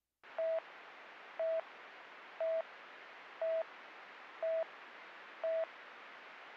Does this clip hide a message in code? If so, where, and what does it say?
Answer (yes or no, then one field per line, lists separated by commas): no